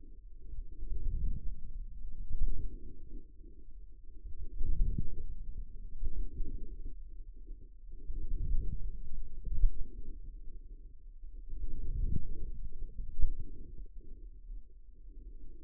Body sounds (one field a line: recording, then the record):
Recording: forearm muscle sounds (acoustic myography)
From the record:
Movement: outward rotation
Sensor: system 2, bracelet of six BSWA MPA416 microphones around the upper forearm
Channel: 6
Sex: male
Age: 22 years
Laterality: right